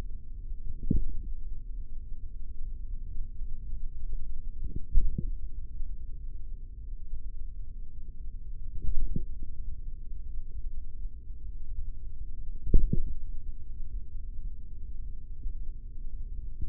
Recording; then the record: forearm muscle sounds (acoustic myography)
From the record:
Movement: tripod grip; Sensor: system 3, bracelet of six PUI Audio POM-2738L microphones around the upper forearm, with dedicated amplification and filtering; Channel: 2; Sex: male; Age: 43 years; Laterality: right